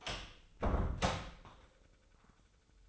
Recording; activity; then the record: daily activity, microphone in the room; close door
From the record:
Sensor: 3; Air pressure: 996.1 hPa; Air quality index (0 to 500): 59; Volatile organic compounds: 3 ppm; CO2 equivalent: 1322 ppm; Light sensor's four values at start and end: 14/33/14/14 and 14/33/14/14